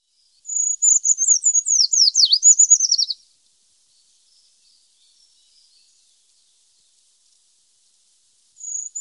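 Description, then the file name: Eurasian treecreeper song, a high, thin descending trill with a final dip, followed by a long silence and then the start of another phrase. "Tradkrypare"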